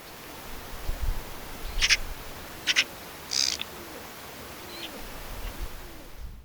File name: Pica pica